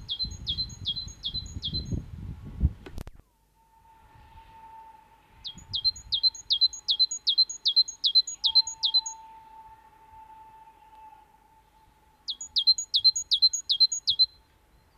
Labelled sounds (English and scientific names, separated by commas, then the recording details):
Great Tit (Parus major) song
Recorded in the wild
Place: Garmisch-Partenkirchen, Bayern, DE
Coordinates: 47.4931, 11.0636
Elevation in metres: 780
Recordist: Tretzel, Erwin